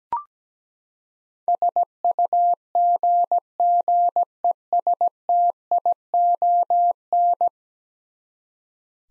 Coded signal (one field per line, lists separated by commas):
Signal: Morse code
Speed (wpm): 17 wpm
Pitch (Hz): 700 Hz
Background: none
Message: SUGGESTION